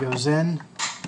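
Someone talks while a lithium-ion, hot-swappable battery is handled at the battery slot of an Altus APS3 GNSS survey receiver, with brief handling noises near 0.8 s and a short sharp sound at 1.0 s. Nothing has seated or clicked yet; the clip ends just before the battery goes home.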